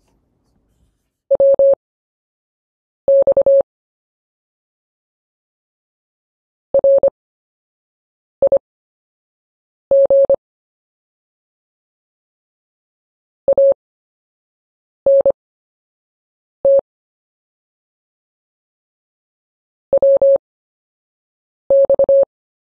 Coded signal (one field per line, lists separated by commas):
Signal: Morse code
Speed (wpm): 25 wpm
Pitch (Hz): 550 Hz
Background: none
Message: WX RIG ANT WX